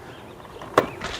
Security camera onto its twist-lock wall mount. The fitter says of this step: turn it and it locks into place so